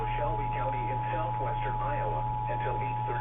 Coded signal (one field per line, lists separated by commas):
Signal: Emergency Alert System (SAME) tones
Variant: 853 and 960 Hz attention tone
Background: speech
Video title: EAS 3138-3139: NWS Omaha Tornado Warning